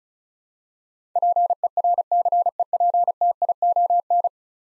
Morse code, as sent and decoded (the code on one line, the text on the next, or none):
.--. . .-. -.-. . .--. - .. --- -.
PERCEPTION